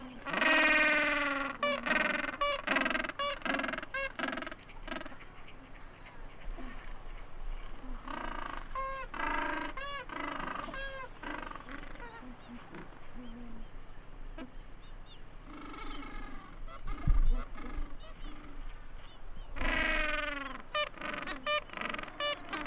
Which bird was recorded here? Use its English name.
Gentoo Penguin